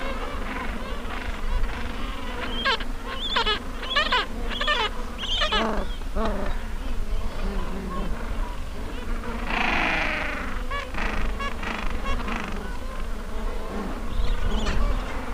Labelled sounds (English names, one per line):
Gentoo Penguin